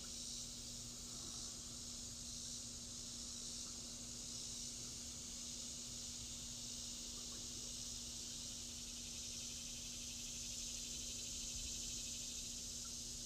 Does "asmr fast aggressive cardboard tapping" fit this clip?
no